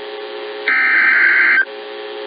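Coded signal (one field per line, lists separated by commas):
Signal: Emergency Alert System (SAME) tones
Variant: header bursts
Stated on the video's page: Hurricane and tropical storm warning tones from NOAA Weather Radio station in Daytona Beach, Florida.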